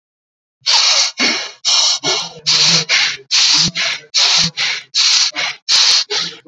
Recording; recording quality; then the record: shallow breathing; excellent, no background noise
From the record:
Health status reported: healthy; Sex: male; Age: 29 years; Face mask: worn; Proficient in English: yes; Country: India